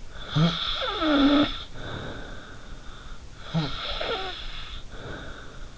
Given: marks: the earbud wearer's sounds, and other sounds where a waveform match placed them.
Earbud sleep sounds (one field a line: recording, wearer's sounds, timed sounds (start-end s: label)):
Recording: sounds in sleep by an in-ear microphone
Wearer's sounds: snoring breath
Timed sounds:
0.13-3.24 s: snoring breath
3.37-5.76 s: snoring breath